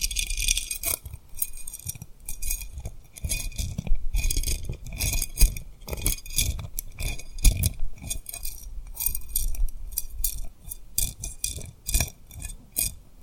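Tapping and rubbing on a rhinestone-covered surface, with quick bright clicks and glassy clinks scattered densely across the whole recording. Soft scraping rubs fill the gaps, and a low rumble sits underneath, swelling with the busier bursts around four to seven seconds and near twelve.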